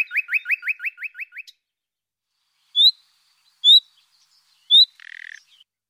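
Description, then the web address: Common nightingale song opening with a fast series of about eight repeated rising notes, then three separate high whistled notes and a short buzzy rattle. "coll efromentin la rochelle. Rossignol philomele"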